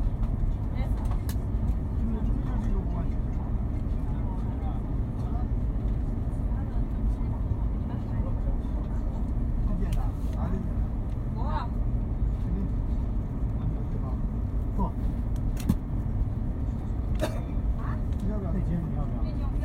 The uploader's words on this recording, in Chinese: 火车旅行。上一趟年代久远的火车。地点：火车上。各种耳语迎面铺来。